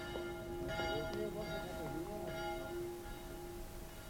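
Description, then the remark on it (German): A small church bell rings out on the piazza in Meolo, in Italy's Veneto province, a few clear strikes blending into a sustained, bright metallic hum, with faint murmuring voices underneath. “Diese kleine Glocke hörte ich, als ich über die Piazza in Meolo ging, hinüber zum Albergo, dem einzigen Gasthaus in Meolo.”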